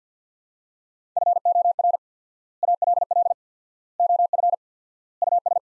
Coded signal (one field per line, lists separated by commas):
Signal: Morse code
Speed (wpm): 50 wpm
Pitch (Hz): 700 Hz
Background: none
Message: FOR ALL OF US